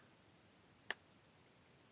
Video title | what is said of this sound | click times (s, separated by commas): Solex 1400 (Koffertje) Fuel system | until you hear it click that's there should be a little ridge that catches the seat | 0.9 s